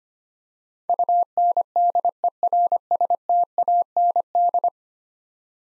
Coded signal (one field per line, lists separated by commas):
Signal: Morse code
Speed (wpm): 25 wpm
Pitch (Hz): 700 Hz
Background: none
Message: UNDERSTAND